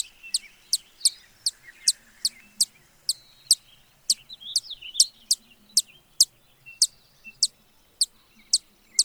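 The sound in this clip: Broad-tailed hummingbird calls: sharp, high chips repeated in a steady series, with faint twittering in between.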